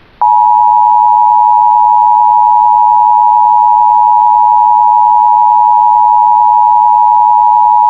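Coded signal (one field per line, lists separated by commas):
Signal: Emergency Alert System (SAME) tones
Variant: 853 and 960 Hz attention tone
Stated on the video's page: Fictional EAS scenario with background music.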